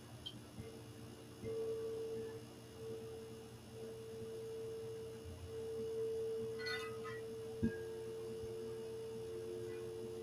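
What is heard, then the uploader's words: A singing bowl holds a steady, pure ringing tone, shifting slightly lower after a soft knock near eight seconds, with faint rustling around. The Buck Moon Singing Bowls Meditation.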